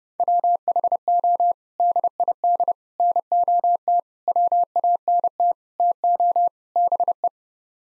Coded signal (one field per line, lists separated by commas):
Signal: Morse code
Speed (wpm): 30 wpm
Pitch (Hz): 700 Hz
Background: none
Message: WHO DID NOT WANT TO BE